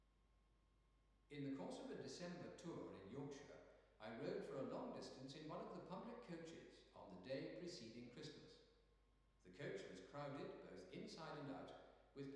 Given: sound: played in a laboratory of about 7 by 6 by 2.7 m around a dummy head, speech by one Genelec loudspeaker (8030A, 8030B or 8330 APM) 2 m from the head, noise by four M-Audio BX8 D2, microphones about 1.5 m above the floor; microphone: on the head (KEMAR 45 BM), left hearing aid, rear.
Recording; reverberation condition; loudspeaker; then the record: male speech in English; high; behind (180 degrees)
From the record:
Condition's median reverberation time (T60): about 1300 ms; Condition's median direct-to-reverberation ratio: about -4.0 dB